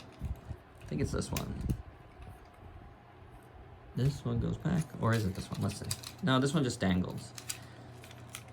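Someone talks while handling the leg joint of a plastic Takara Tomy Zoids Wild Knuckle Kong toy model, moving the parts back to find the one that locks into place, with faint taps and small plastic clicks near the end. Nothing has seated or clicked yet; the joint is not yet locked.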